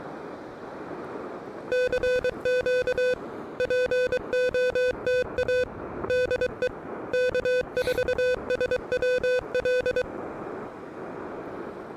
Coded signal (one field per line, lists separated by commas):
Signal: Morse code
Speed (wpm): 23 wpm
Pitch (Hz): 500 Hz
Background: music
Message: CQ POTA DE K4SWL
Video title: Early Morning Morse Code: Pedestrian Mobile & QRP at Fort Fisher State Recreational Area!